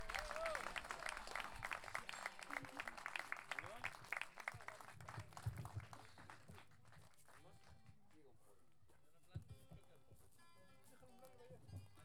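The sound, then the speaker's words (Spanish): A crowd at the Águila Sur gathering applauds the patriarch of Águila Sur with dense, rapid clapping that is loud at first, then thins out and fades, with voices talking over the tail end. “Muchas gracias, un aplauso fuerte al patriarca de Águila Sur.”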